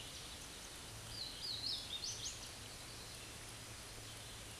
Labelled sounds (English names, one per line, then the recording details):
Hooded Warbler song
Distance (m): 40 m
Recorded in a Pennsylvania forest on 18 May 2023 at 12:59
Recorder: AudioMoth, point grid1_31_low
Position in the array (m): 154 m, 130 m